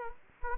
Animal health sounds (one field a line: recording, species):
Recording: mosquito wingbeat signal from an infrared sensor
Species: Anopheles gambiae